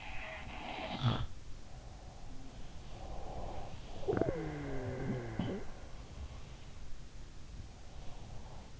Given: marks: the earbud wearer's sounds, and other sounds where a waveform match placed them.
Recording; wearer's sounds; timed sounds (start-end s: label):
sounds in sleep by an in-ear microphone; breath, snoring breath
0.00-1.41 s: sound from someone else or the room
1.58-3.88 s: breath
3.88-5.83 s: snoring breath
5.44-7.07 s: sound from someone else or the room